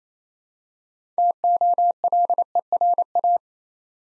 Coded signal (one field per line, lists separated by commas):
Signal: Morse code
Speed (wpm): 27 wpm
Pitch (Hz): 700 Hz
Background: none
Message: TOLERA